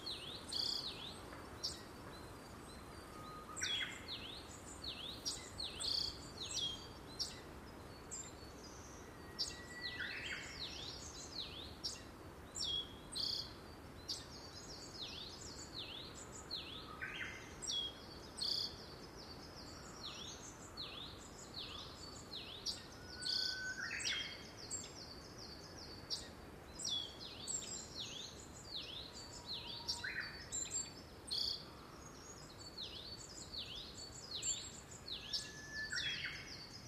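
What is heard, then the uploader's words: A dawn chorus of many birds calling at once, with dense, high chirps and trills layered continuously across the whole stretch. Clearer, louder calls rise out of the mix every few seconds, over a steady low outdoor hiss. Dawn Chorus. 午前4時頃 湯ノ丸高原にて録音.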